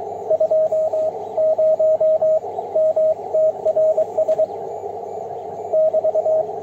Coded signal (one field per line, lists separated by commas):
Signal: Morse code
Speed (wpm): 20 wpm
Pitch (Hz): 630 Hz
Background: radio noise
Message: 20 MTRS <BT>